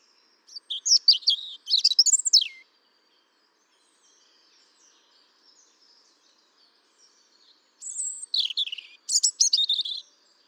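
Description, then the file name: European robin song: a sweet high phrase ending in a long falling slur, quiet pause, then another varied, thin, twittering phrase. "Erithacus rubecula"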